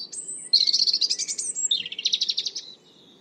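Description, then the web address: European robin singing a rapid twittering phrase: a high slurred note followed by a fast trilling run, then a second sparkling trill. "Deverinetal 2025"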